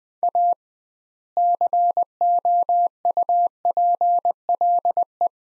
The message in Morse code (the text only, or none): A COUPLE